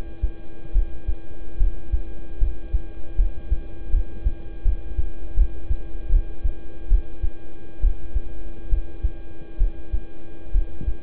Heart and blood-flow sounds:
heart sounds by stethoscope; between the tricuspid and mitral areas; 73 bpm
0.72 s: heartbeat
1.57 s: heartbeat
2.38 s: heartbeat
3.16 s: heartbeat
3.90 s: heartbeat
4.63 s: heartbeat
5.35 s: heartbeat
6.09 s: heartbeat
6.88 s: heartbeat
7.81 s: heartbeat
8.69 s: heartbeat
9.58 s: heartbeat
10.52 s: heartbeat
From the record:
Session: rest, lying down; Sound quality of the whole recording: good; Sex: male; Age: 26 years

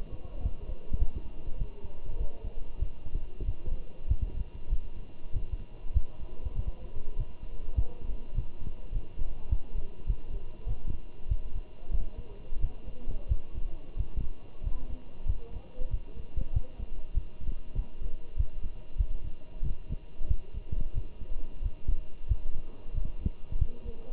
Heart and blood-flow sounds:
heart sounds by stethoscope; between the tricuspid and mitral areas; 96 bpm
0.43 s: heartbeat
0.99 s: heartbeat
1.58 s: heartbeat
2.19 s: heartbeat
2.80 s: heartbeat
3.45 s: heartbeat
4.08 s: heartbeat
4.70 s: heartbeat
5.33 s: heartbeat
5.94 s: heartbeat
6.56 s: heartbeat
7.17 s: heartbeat
7.76 s: heartbeat
8.35 s: heartbeat
8.93 s: heartbeat
9.50 s: heartbeat
10.07 s: heartbeat
10.67 s: heartbeat
11.29 s: heartbeat
11.92 s: heartbeat
12.61 s: heartbeat
13.29 s: heartbeat
13.97 s: heartbeat
14.64 s: heartbeat
15.27 s: heartbeat
15.91 s: heartbeat
16.54 s: heartbeat
17.15 s: heartbeat
17.76 s: heartbeat
18.38 s: heartbeat
18.98 s: heartbeat
19.63 s: heartbeat
20.28 s: heartbeat
20.95 s: heartbeat
21.63 s: heartbeat
22.29 s: heartbeat
22.95 s: heartbeat
23.59 s: heartbeat
From the record:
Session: walking at 3.7 km/h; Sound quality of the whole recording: good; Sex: male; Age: 23 years

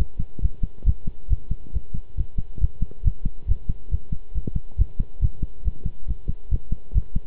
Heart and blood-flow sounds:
heart sounds by stethoscope; between the tricuspid and mitral areas; 138 bpm
0.42 s: heartbeat
0.86 s: heartbeat
1.30 s: heartbeat
1.73 s: heartbeat
2.17 s: heartbeat
2.61 s: heartbeat
3.04 s: heartbeat
3.48 s: heartbeat
3.91 s: heartbeat
4.34 s: heartbeat
4.78 s: heartbeat
5.21 s: heartbeat
5.64 s: heartbeat
6.07 s: heartbeat
6.51 s: heartbeat
6.94 s: heartbeat
From the record:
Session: pedaling a stationary bicycle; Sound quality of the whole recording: good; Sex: male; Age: 23 years

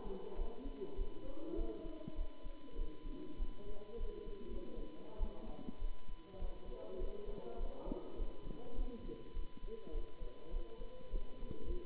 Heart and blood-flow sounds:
heart sounds by stethoscope; between the tricuspid and mitral areas; 101 bpm
0.34 s: heartbeat
0.94 s: heartbeat
1.54 s: heartbeat
2.14 s: heartbeat
2.74 s: heartbeat
3.35 s: heartbeat
3.96 s: heartbeat
4.46 s: heartbeat
5.16 s: heartbeat
5.77 s: heartbeat
6.37 s: heartbeat
6.97 s: heartbeat
7.56 s: heartbeat
8.15 s: heartbeat
8.74 s: heartbeat
9.32 s: heartbeat
9.90 s: heartbeat
10.49 s: heartbeat
11.08 s: heartbeat
11.63 s: heartbeat
From the record:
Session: Bruce protocol treadmill stress test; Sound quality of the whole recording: good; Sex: male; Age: 26 years

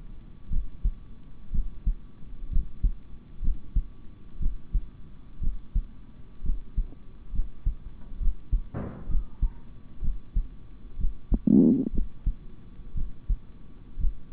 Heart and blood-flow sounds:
heart sounds by stethoscope; between the tricuspid and mitral areas; 62 bpm
0.50 s: heartbeat
1.52 s: heartbeat
2.50 s: heartbeat
3.41 s: heartbeat
4.39 s: heartbeat
5.40 s: heartbeat
6.42 s: heartbeat
7.32 s: heartbeat
8.19 s: heartbeat
9.08 s: heartbeat
10.01 s: heartbeat
10.97 s: heartbeat
11.92 s: heartbeat
12.94 s: heartbeat
13.98 s: heartbeat
From the record:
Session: rest, sitting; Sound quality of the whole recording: good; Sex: male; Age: 26 years

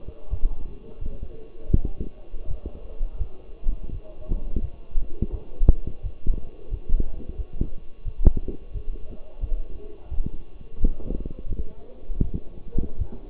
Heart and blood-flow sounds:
heart sounds by stethoscope; between the tricuspid and mitral areas; 85 bpm
0.30 s: heartbeat
1.00 s: heartbeat
1.73 s: heartbeat
2.47 s: heartbeat
3.18 s: heartbeat
3.91 s: heartbeat
4.61 s: heartbeat
5.31 s: heartbeat
6.02 s: heartbeat
6.70 s: heartbeat
7.37 s: heartbeat
8.05 s: heartbeat
8.73 s: heartbeat
9.40 s: heartbeat
10.10 s: heartbeat
10.79 s: heartbeat
11.47 s: heartbeat
12.21 s: heartbeat
12.98 s: heartbeat
From the record:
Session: walking at 3.7 km/h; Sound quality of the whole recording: partially saturated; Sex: male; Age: 24 years

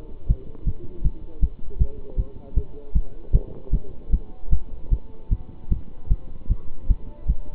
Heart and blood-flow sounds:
heart sounds by stethoscope; between the tricuspid and mitral areas; 155 bpm
0.28 s: heartbeat
0.65 s: heartbeat
1.03 s: heartbeat
1.40 s: heartbeat
1.78 s: heartbeat
2.17 s: heartbeat
2.55 s: heartbeat
2.93 s: heartbeat
3.32 s: heartbeat
3.72 s: heartbeat
4.11 s: heartbeat
4.50 s: heartbeat
4.90 s: heartbeat
5.30 s: heartbeat
5.69 s: heartbeat
6.09 s: heartbeat
6.48 s: heartbeat
6.88 s: heartbeat
7.27 s: heartbeat
From the record:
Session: pedaling a stationary bicycle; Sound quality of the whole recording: good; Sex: male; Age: 27 years

